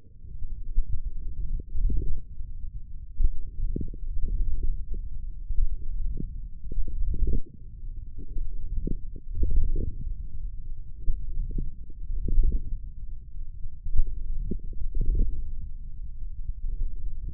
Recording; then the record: forearm muscle sounds (acoustic myography)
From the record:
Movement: forearm pronation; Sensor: system 1, eight BSWA MPA416 microphones around the upper forearm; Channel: 5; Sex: male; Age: 28 years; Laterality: right